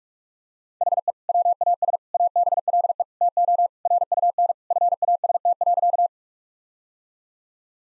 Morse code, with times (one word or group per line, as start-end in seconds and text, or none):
0.8-1.1 HE
1.3-2.0 WAS
2.1-3.0 ABLE
3.2-3.7 TO
3.9-4.5 RUN
4.7-6.1 FAST.